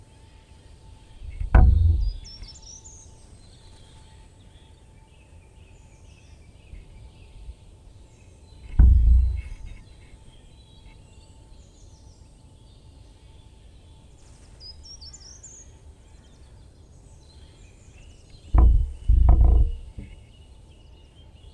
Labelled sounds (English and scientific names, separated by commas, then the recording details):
Short-toed Treecreeper (Certhia brachydactyla) song
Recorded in the wild
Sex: male
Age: adult
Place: Freiburg, Baden-Württemberg, DE
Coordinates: 48.0333, 7.82472
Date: 1960-03-28
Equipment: Maihak MMK 4, Sennheiser MD 82
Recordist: Thielcke, Gerhard
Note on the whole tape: Freiburg, Mooswald, hinter Munitionswald, anderer Gartenbaumläufer, Gesang